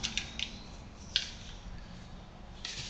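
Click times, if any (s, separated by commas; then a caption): none. While checking that the blade is in place on a shop power tool, someone tries to close the latch on its blade holder or cover, and short, sharp clacks are heard at about 0.2, 0.4, 1.2 and 2.7 seconds over a low hum. The latch does not catch because too much dust has gotten in there, so nothing has clicked or seated yet.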